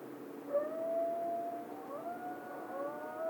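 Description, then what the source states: Coyote howl, quiet under a steady hiss: rising and held tones, drawn out throughout. Recorded 16 March 2010.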